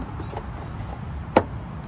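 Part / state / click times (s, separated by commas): coolant overflow tank into its mounting bracket / seated / 1.4 s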